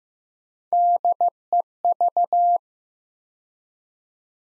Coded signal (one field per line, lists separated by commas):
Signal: Morse code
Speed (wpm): 15 wpm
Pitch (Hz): 700 Hz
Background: none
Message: DEV